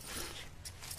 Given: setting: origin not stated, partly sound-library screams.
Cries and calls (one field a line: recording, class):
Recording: one-second piece from a danger detection set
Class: normal situation